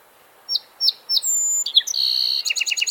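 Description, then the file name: Song sparrow singing: three clear introductory notes, a sustained high tone, then a buzzy middle section and a fast series of repeated notes at the end. "Melospiza melodia - Song Sparrow"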